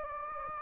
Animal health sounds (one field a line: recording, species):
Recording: mosquito wingbeat signal from an infrared sensor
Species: Anopheles gambiae